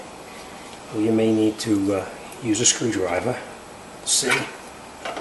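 A brake wear sensor connector holder clip on the front brakes of a 2012 Audi Q5 is handled at its brake mounting bracket, with a screwdriver possibly used to help press it back in. Someone talks throughout, and brief handling sounds come at about 5.0 and 5.2 seconds. Nothing has seated or clicked yet.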